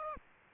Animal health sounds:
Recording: mosquito wingbeat signal from an infrared sensor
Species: Aedes aegypti

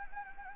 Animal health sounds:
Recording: mosquito wingbeat signal from an infrared sensor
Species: Anopheles gambiae

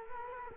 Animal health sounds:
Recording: mosquito wingbeat signal from an infrared sensor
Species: Culex quinquefasciatus

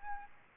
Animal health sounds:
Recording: mosquito wingbeat signal from an infrared sensor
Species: Aedes albopictus

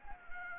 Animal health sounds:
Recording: mosquito wingbeat signal from an infrared sensor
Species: Anopheles gambiae

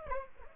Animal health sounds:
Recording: mosquito wingbeat signal from an infrared sensor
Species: Aedes aegypti

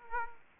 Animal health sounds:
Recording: mosquito wingbeat signal from an infrared sensor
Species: Aedes aegypti

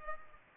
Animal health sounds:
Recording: mosquito wingbeat signal from an infrared sensor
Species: Culex pipiens

